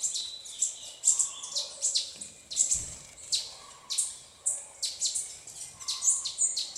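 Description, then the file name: Red-necked Tanager song: steady stream of high, sharp chips and short sibilant notes, several per second, with a soft lower whistle now and then. "canto-da-saíra-militar"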